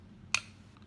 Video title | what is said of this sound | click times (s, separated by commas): Dinky Diecast Restoration British Sports cars Alvis Sunbeam Talbot | she's clicked into place then | 0.3 s